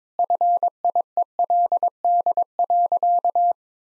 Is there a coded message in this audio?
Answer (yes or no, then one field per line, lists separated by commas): yes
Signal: Morse code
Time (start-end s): 0.2-3.5 s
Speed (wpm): 22 wpm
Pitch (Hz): 700 Hz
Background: none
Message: FIELD.